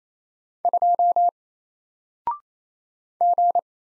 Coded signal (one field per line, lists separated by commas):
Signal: Morse code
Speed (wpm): 27 wpm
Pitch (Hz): 700 Hz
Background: none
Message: 2 G